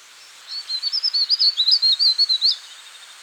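Verditer flycatcher singing a quick, high twittering phrase of many rippling notes lasting about two seconds, ending with a sharp upward note.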